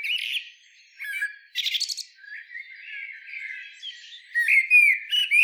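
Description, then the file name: Common blackbird song: warbled whistles and a rattly high burst, then softer warbling building to louder fluty phrases at the close. "Turdus merula"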